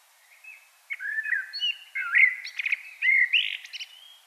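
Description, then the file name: Common blackbird giving a mellow warbling song phrase mixed with scratchy, higher twittering notes. "Turdus merula"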